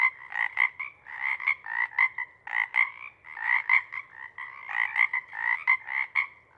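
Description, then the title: Pacific chorus frog chorus, many overlapping two-part ribbits pulsing in dense, continuous waves. Full chorus at a pond in pre-morning twilight, waxing and waning in waves that circle the pond, then tapering into staccato sections as temperature drops and individuals leave to hunt. "Chorus Frogs, Chorus Waxes and Wanes, pre-morning-twilight"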